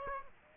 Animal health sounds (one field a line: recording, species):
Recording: mosquito wingbeat signal from an infrared sensor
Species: Aedes aegypti